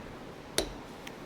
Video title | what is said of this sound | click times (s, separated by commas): 2006-2010 Subaru Forester EJ25 Head Gasket Replacement Install (How To) | get our fuel line in and it clicks | 0.6 s